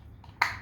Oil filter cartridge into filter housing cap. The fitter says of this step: push it down you'll hear that little click that means you're good to go now